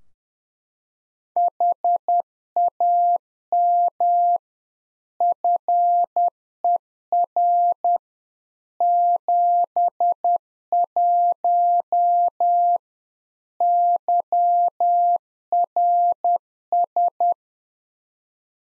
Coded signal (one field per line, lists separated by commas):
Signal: Morse code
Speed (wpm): 10 wpm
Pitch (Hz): 700 Hz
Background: none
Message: HAM FER 71 YRS